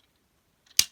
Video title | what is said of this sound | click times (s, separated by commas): E6 Komachi Top Lifter Review - Shinkalion CW | and that'll click into place | 0.8 s